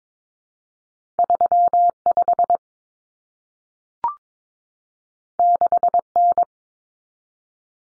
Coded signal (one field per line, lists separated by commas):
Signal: Morse code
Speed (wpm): 22 wpm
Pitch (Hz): 700 Hz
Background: none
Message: 35 6N